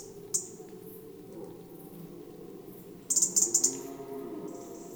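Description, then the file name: European robin giving one lone high tick, then a fast run of about six clicking ticks, with a steady low hum throughout. "Erithacus rubecula"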